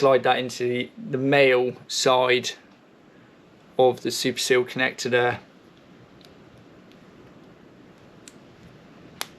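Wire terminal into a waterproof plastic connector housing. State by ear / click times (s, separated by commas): seated / 9.2 s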